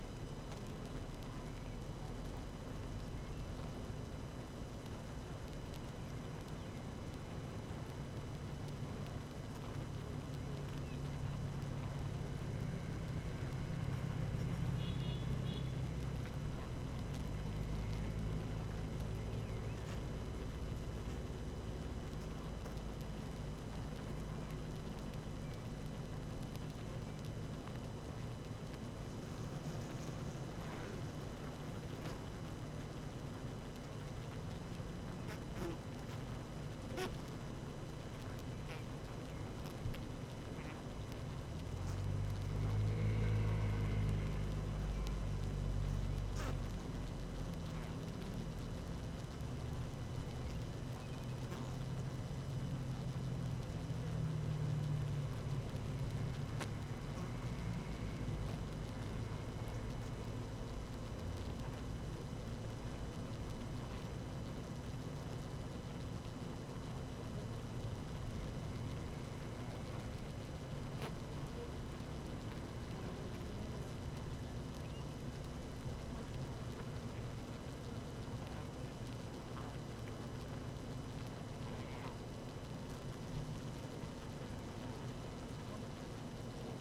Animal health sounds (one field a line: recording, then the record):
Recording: honeybee colony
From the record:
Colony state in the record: active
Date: 12 June 2018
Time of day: 17:40